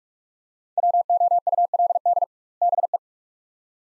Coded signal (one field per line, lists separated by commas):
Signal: Morse code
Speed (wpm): 46 wpm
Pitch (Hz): 700 Hz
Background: none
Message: WOULD BE